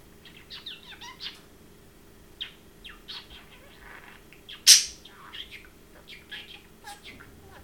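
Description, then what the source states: Parrot muttering soft chirps and warbles, with a single loud harsh squeak near the middle. Domestic pet parrot, chirping and talking.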